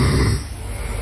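Loud, deep, rumbling snore of an adult man asleep, like a vacuum cleaner, holding a steady, droning loudness; it stays at the same volume all night long with no gaps, for hours and hours.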